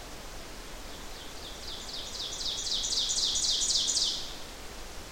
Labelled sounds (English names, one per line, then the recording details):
Ovenbird song
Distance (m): 20 m
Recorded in boreal forest in Alberta, Canada, on 12 June 2016 at 06:58
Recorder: SongMeter 3, array SBT-3-18
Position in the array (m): 245 m, 95 m
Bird 31